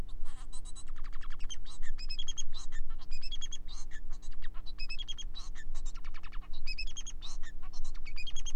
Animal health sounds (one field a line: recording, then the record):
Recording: song of a male Bengalese finch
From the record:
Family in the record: son of father 4